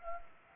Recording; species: mosquito wingbeat signal from an infrared sensor; Anopheles gambiae